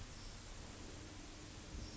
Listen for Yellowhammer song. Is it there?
no